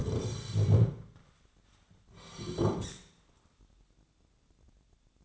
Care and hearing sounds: daily activity, microphone in the room; sit down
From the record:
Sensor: 3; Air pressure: 1009.3 hPa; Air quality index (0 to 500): 181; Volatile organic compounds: 3 ppm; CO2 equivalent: 1463 ppm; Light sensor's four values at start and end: 27/65/30/33 and 53/136/60/61

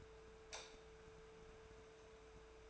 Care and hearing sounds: daily activity, microphone in the room; light off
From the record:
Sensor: 2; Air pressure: 1014.6 hPa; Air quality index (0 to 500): 187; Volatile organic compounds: 14 ppm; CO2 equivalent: 2469 ppm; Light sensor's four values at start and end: 34/88/37/40 and 29/70/30/34

